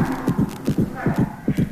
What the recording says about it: The fight or flight response also increases heart rate. It's like ba-dum, ba-dum, ba-dum, ba-dum. That's right. Two beats. That's blood going from one sort of chamber in your heart to the other, and then out to your body.